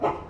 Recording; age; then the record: pig call; growing-finishing pig (85 days or more)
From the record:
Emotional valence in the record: positive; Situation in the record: run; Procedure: transit